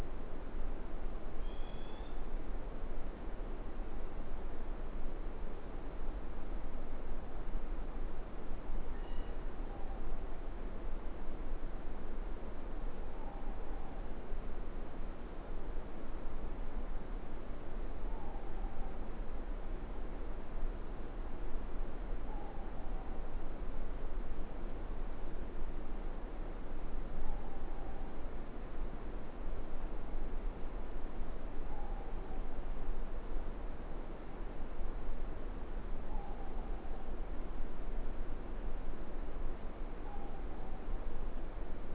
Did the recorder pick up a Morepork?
yes